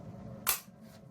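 A loaded plastic spring applicator for a continuous glucose monitor (CGM) is pressed against the back of the upper arm until it clicks, inserting the sensor. Over a quiet low background, one sharp, bright click sounds at 0.5 s and quickly fades. The sensor is seated on the arm, confirmed done.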